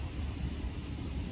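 The tongue of a gold Cuban link chain is handled at its box clasp, but nothing has seated or clicked yet. Only a steady low rumble like a passing plane or vehicle is heard.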